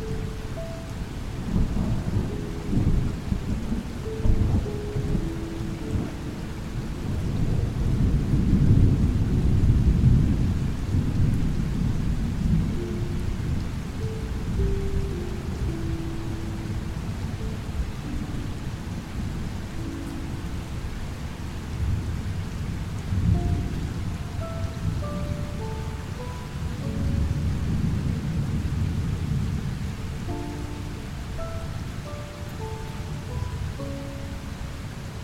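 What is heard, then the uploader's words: Deep thunder rolls rumble through most of the clip, swelling around 7 to 12 seconds and again near 25 seconds over a steady rain-like hiss. Soft music plays throughout, slow sustained notes drifting above the low rumble. A Soothing Blend of THUNDER Sounds and Soft MUSIC for a Relaxing Ambience. A unique blend of thunder sounds and soft music.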